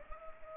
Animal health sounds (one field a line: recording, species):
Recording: mosquito wingbeat signal from an infrared sensor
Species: Culex pipiens